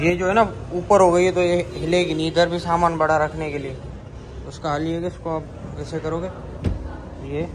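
A folding car seat or cargo-area panel latch in a car interior is handled and moved into position while a man talks. A brief sharp transient stands out at about 6.7 s. The part has not seated or locked yet.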